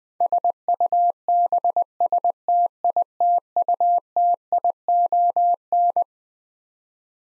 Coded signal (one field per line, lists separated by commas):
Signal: Morse code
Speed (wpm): 20 wpm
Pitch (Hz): 700 Hz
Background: none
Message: SUBSTITUTION